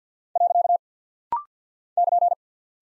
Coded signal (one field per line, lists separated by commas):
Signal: Morse code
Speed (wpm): 48 wpm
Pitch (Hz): 700 Hz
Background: none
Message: . <KN>